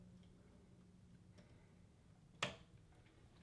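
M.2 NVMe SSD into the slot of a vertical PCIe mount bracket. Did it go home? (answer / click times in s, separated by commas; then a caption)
yes / 2.4 s. An M.2 NVMe SSD, facing the correct direction, is slid into its slot on a vertical PCIe mount bracket. A quiet low hum runs under the clip until a single sharp click at 2.4 s, which is the drive seating in the slot.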